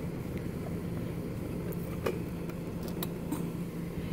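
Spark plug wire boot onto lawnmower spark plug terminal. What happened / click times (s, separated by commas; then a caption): The spark plug wire boot snapped onto the terminal / 3.0 s. A rubber spark plug wire boot is pushed by hand onto the terminal of a new spark plug on a Craftsman lawnmower engine. Over a steady low background hum, a soft tap comes at about 2.1 seconds, then a sharp click at 3.0 seconds as the boot snaps on and is seated.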